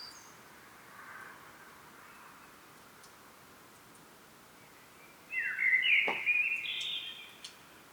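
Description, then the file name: Common blackbird: a quiet stretch with faint background notes, then one bright whistled phrase ending in a high thin squeak. "Turdus merula"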